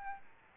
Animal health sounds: mosquito wingbeat signal from an infrared sensor; Aedes albopictus

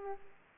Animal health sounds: mosquito wingbeat signal from an infrared sensor; Aedes aegypti

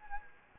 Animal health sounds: mosquito wingbeat signal from an infrared sensor; Anopheles gambiae

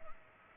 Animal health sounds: mosquito wingbeat signal from an infrared sensor; Culex pipiens

